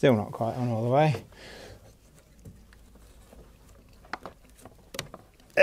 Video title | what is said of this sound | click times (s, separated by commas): Audi A3 brake fault fixed! Part 2 - Audi A3 ABS pump replacement and bleeding with VCDS | if you heard it click but i did and i felt it as well | 4.1 s, 5.0 s